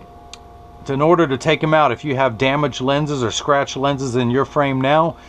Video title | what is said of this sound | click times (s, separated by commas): How to change the lenses in a Rayban 4165 Justin | on tuck it in the outside corner first then using my thumbs up press down at the nose and it snaps right in now | 0.3 s